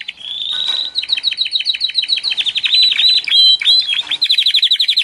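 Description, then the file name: Canary song, a long rapid series of repeated high chirped notes, shifting between tours of trills and a few whistled phrases. Canary trio song used as a master training recording for songbirds. "kenari trio masteran omkicau"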